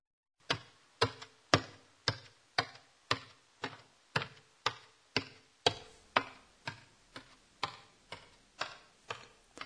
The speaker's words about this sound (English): This is the sound of a person going up the stairs. The sound word for this is... Tom Tom.